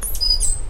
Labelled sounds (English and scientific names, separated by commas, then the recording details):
Stitchbird (Notiomystis cincta) song
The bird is a male
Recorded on Tiritiri Matangi Island, New Zealand, in 2005
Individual 2, of nest box 2